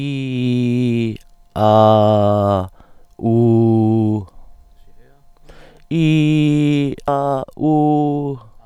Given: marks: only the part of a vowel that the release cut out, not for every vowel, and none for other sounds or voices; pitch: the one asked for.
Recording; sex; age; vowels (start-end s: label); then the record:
sustained vowels; male; 40 to 49 years
0.00-1.01 s: vowel /i/, normal pitch
1.87-2.54 s: vowel /a/, normal pitch
3.30-4.12 s: vowel /u/, normal pitch
6.15-6.83 s: vowel /i/, high pitch
7.65-8.26 s: vowel /u/, high pitch
From the record:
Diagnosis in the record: healthy voice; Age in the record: 42 years